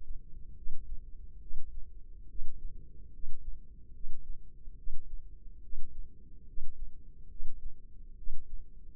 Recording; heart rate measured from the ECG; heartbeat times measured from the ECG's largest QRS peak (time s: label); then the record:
heart sounds by microphone in the left ear; 71 bpm
0.57 s: heartbeat
1.42 s: heartbeat
2.30 s: heartbeat
3.14 s: heartbeat
3.95 s: heartbeat
4.78 s: heartbeat
5.63 s: heartbeat
6.48 s: heartbeat
7.30 s: heartbeat
8.18 s: heartbeat
From the record:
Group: healthy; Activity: rest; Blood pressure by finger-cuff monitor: 141/87 mmHg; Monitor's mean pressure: 101 mmHg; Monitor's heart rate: 72 bpm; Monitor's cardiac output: 7.8 L/min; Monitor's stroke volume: 108 mL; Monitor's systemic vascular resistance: 950 dyn s/cm5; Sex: male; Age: 30 years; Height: 188 cm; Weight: 110.2 kg